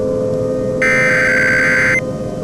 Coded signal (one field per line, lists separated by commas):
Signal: Emergency Alert System (SAME) tones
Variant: header bursts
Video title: FLOODGATES: AN EAS MOCK